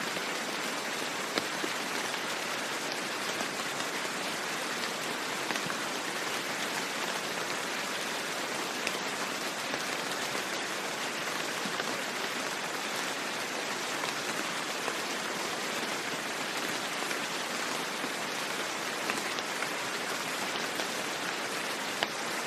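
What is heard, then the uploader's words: Rain falls in a steady, dense hiss for the whole stretch, filling the mids and highs with little change in level. Scattered drops patter on a surface throughout, with a few slightly sharper taps standing out now and then, while the lows stay quiet. Serenity of Rain.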